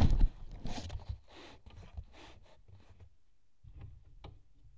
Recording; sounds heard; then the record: poultry house recording; no chicken sound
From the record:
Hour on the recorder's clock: 11